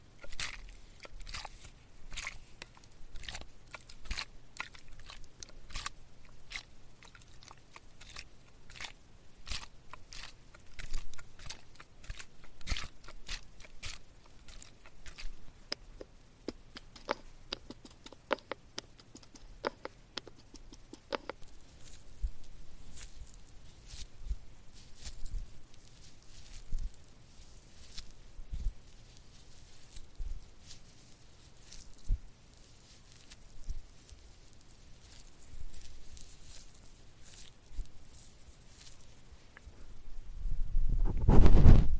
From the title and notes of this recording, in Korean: ASMR 편안한 쇠 귀이개 귀청소 시간.